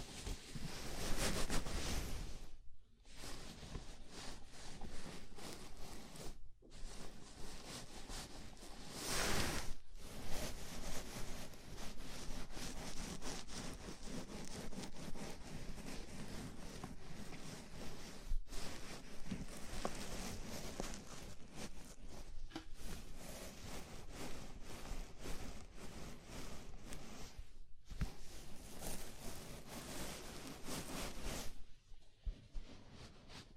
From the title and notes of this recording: ASMR Sleepy Scalp Massage (No Talking).